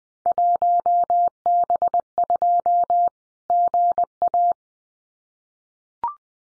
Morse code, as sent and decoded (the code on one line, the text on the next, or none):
.---- -... ..--- / --. .-
1B2 GA